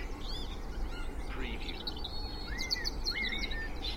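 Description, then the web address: A mix of birds singing: looping whistled notes, a rising-falling slurred whistle and bursts of high rapid chirps, with a constant low traffic hum beneath. Spring dawn chorus recorded in Cheshire, UK, with distant traffic noise in the background. "beanstalk-audio Spring dawn chorus with distant traffic noise Cheshire UK"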